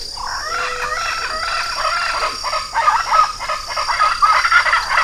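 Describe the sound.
Bird chattering in harsh, stacked notes that grow louder toward the end, over steady background hiss.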